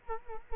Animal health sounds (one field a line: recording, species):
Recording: mosquito wingbeat signal from an infrared sensor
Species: Culex quinquefasciatus